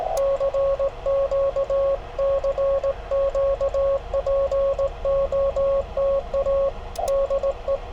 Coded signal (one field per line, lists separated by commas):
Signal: Morse code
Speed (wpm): 17 wpm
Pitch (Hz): 550 Hz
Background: radio noise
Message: CQ CQ POTA DE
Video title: POTA with a Straight Key! | #cw #parksontheair #hamradio #morsecode